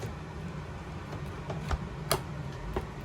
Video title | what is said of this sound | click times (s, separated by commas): Shasta 18FQ | It clicks and then opens. | 2.1 s